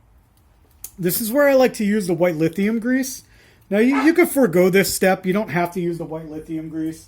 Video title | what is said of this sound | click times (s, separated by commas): AR-15 Barrel Install On Project Lich King | and clips and it just kind of clicks into place kind of um | 0.8 s